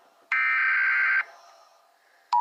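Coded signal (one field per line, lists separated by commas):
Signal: Emergency Alert System (SAME) tones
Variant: header bursts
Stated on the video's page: Fictional EAS scenario.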